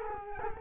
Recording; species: mosquito wingbeat signal from an infrared sensor; Culex quinquefasciatus